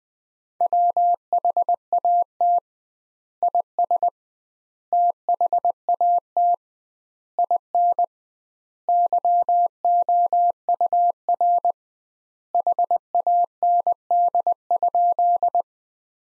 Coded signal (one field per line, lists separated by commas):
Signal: Morse code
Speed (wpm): 20 wpm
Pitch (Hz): 700 Hz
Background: none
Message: WHAT IS THAT IN YOUR HAND?